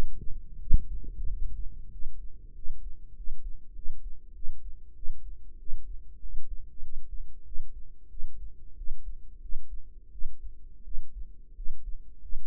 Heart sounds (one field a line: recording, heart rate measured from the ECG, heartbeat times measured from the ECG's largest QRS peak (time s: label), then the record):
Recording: heart sounds by microphone in the right ear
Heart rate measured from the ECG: 93 bpm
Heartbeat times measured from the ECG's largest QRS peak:
0.58 s: heartbeat
1.26 s: heartbeat
1.90 s: heartbeat
2.53 s: heartbeat
3.14 s: heartbeat
3.73 s: heartbeat
4.33 s: heartbeat
4.94 s: heartbeat
5.58 s: heartbeat
6.20 s: heartbeat
6.81 s: heartbeat
7.44 s: heartbeat
8.08 s: heartbeat
8.75 s: heartbeat
9.40 s: heartbeat
10.10 s: heartbeat
10.83 s: heartbeat
11.54 s: heartbeat
12.20 s: heartbeat
From the record:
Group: healthy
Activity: rest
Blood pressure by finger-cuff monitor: 85/58 mmHg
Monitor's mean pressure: 67 mmHg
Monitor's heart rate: 94 bpm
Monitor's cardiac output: 7 L/min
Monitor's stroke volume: 76 mL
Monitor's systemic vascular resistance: 690 dyn s/cm5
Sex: female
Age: 19 years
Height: 163 cm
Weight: 48.9 kg